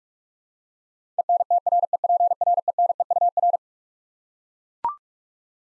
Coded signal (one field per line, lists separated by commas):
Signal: Morse code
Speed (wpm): 42 wpm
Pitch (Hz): 700 Hz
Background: none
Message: ENTREPRENEUR